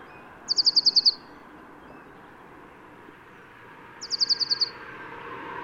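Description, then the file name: Marsh tit calling: two quick bursts of about six high, sharp notes, a few seconds apart. "Poecile palustris"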